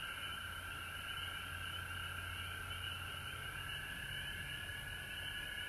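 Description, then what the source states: Frogs in full chorus, steady sustained trilling at two pitch levels, with a low droning hum beneath for the first part. Recorded at home in Georgia on March 19, 2020.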